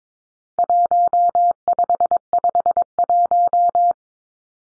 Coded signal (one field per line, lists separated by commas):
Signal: Morse code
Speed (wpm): 22 wpm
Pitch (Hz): 700 Hz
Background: none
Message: 1551